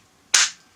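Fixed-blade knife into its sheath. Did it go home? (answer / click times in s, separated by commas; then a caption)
yes / 0.3 s. A fixed-blade knife is re-inserted into its sheath to repeat the retention click, since the earlier try had not sounded as good. After quiet, a single sharp, bright click lands at 0.4 s and decays within about a quarter second. The knife snaps in and is seated, with a click judged to sound very good.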